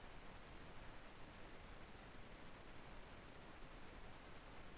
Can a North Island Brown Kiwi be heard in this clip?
no